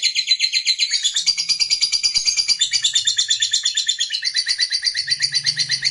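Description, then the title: Lovebird chattering song: a continuous fast, shrill, buzzy trill that runs through the whole six seconds without a break. Fighter lovebird singing energetically (gacor). "SUARA Lovebird FIGHTER GACOR"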